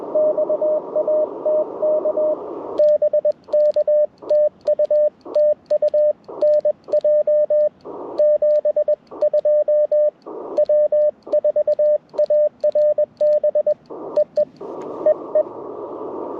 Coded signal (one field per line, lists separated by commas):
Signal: Morse code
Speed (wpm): 21 wpm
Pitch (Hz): 590 Hz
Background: radio noise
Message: XAT K BK TU TU NJ 72 W4ARB EE EE